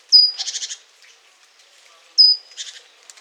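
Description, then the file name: Great tit calls: a thin, piercing whistle followed by a buzzy pulsed churr, given twice about two seconds apart. "Parus major"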